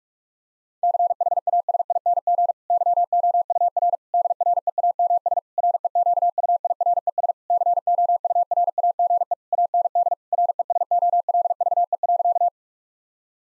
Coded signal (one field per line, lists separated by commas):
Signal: Morse code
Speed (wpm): 46 wpm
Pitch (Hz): 700 Hz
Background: none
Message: CHASING YOUR DREAMS REQUIRES COURAGE AND RESOLVE.